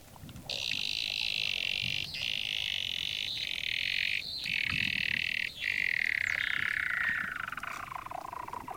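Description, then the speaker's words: Weddell seal underwater trill: a high, rapidly pulsed buzzing tone held for about eight seconds, sliding slowly downward near the end, broken by brief gaps. Male singing underwater beneath the frozen surface of the Ross Sea, Antarctica, hanging head down in darkness; song serves to retain his harem of females. "This is the voice of a Weddell seal, which I recorded below the frozen surface of the Ross Sea in Antarctica. It's a male hanging head down in the darkness, singing to retain his harem of females."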